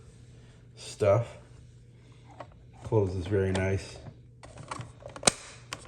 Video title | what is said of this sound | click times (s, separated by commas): Deluxe Telmarine Castle The Chronicles Of Narnia Prince Caspian New In Box and Unboxed Full Review✅ | pops into place | 5.3 s